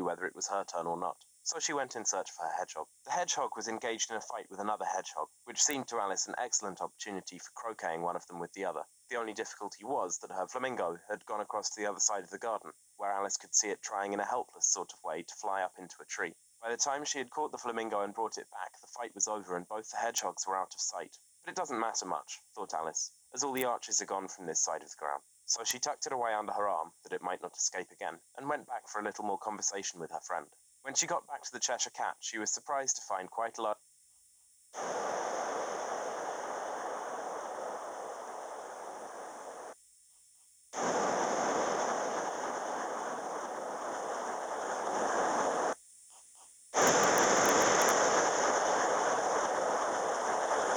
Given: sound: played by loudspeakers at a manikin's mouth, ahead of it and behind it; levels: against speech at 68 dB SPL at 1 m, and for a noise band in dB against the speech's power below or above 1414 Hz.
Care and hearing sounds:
test signals for a remote microphone
0.00-33.73 s: man speaking
34.73-39.73 s: speech-spectrum noise, -10 dB
40.73-45.73 s: speech-spectrum noise, 0 dB
46.73-50.77 s: speech-spectrum noise, +10 dB
From the record:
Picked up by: remote microphone B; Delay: 24 ms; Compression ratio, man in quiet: 2.01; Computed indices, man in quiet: SII 0.993, HASPI 0.999, HASQI 0.298 (non-linear 0.353, linear 0.843), ESTOI 0.753

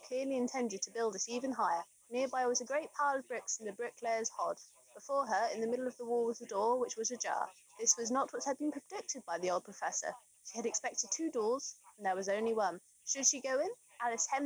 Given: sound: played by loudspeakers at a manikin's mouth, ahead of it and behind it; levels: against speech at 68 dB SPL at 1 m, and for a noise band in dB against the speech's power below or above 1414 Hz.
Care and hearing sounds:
test signals for a remote microphone
0.00-14.46 s: woman speaking, babble ahead at +6 dB SNR for speech at 1 m
From the record:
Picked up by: remote microphone C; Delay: 23 ms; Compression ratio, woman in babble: 1.51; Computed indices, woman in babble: HASPI 0.867, HASQI 0.307 (non-linear 0.358, linear 0.857), ESTOI 0.784

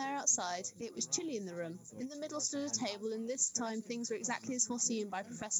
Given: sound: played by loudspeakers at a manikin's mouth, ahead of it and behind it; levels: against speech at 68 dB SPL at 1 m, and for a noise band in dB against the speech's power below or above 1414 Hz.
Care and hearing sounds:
test signals for a remote microphone
0.00-5.60 s: woman speaking, babble ahead at +6 dB SNR for speech at 1 m
From the record:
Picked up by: remote microphone A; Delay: 47 ms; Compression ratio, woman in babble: 7.77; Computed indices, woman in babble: HASPI 0.969, HASQI 0.340 (non-linear 0.394, linear 0.863), ESTOI 0.759

